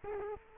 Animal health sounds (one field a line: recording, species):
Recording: mosquito wingbeat signal from an infrared sensor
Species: Culex quinquefasciatus